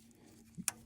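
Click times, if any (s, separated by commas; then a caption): 0.7 s. On a Ford Super Duty 6.7L Powerstroke, the gray plastic locking tab on the clutch fan connector is pressed down after the connector is seated. It gives a sharp, bright snap at 0.7 s, preceded by a soft low thump near 0.6 s and faint ticks. The locking tab snaps down and the connector is locked in place.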